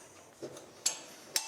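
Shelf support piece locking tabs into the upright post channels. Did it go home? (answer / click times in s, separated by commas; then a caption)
no / none. The small locking tabs of a metal Vego Garden 4-Tier Grow Light Shelf frame piece are slid down into the channels of the upright post while the joint is pushed together. Two sharp metallic knocks sound at about 0.9 s and 1.4 s over a quiet background, with a faint soft bump near 0.4 s. Nothing has seated or snapped into place yet.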